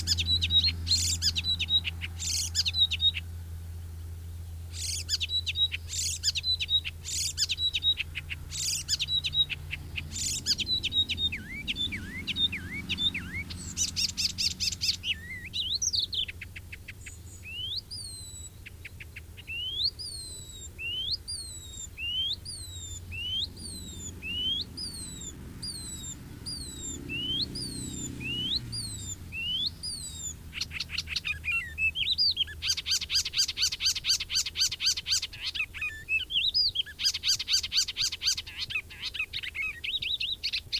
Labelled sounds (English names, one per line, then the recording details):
Icterine Warbler song
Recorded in the wild
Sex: male
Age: adult
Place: Hemhofen, Bayern, DE
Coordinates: 49.68, 10.9361
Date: 1964-06-02
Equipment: Original, Vollspur, Parabolspiegel Grampian
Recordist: Tretzel, Erwin